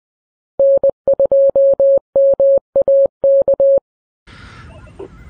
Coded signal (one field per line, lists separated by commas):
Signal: Morse code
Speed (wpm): 21 wpm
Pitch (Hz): 550 Hz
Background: none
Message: N2MAK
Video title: Winlink Wendesday using a Digipeater